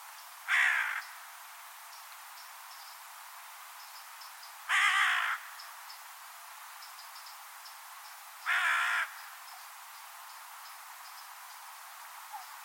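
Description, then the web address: Bird giving harsh, hoarse cawing calls, three short rasping notes spaced about four seconds apart, with faint background hiss. Bird only, 2025 bird data. "Deverinetal 2025 File origin Bird Only"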